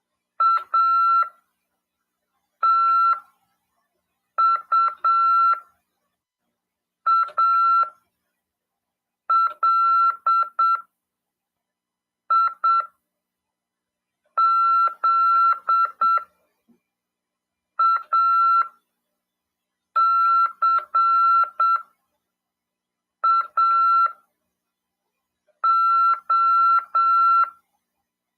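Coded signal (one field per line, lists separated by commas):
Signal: Morse code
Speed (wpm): 7 wpm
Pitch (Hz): 1350 Hz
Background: none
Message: ATUALIZACAO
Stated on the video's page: Ham radio class lesson on CW, broadcast over FM 146.410 MHz.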